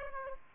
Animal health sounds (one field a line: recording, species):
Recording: mosquito wingbeat signal from an infrared sensor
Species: Aedes aegypti